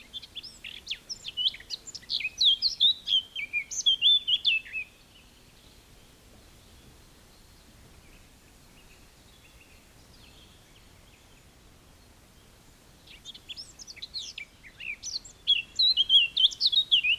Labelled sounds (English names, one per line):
Eurasian Blackcap song